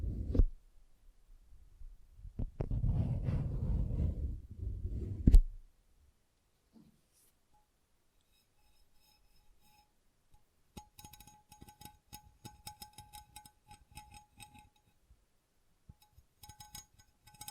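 Soft low rubbing and thumps fill the first five seconds, then after a pause, fast crisp tapping and scratching clicks continue steadily to the end.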